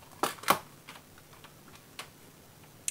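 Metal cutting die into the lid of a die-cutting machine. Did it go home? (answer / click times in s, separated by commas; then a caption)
yes / 2.9 s. A metal cutting die is placed cutting-edge up into the lid of a small die-cutting machine and pressed onto its motif position. Sharp taps and rattles sound at 0.2 and 0.5 seconds, then softer ticks, before a short, sharp click at 2.9 seconds as the die snaps into place and is held firmly.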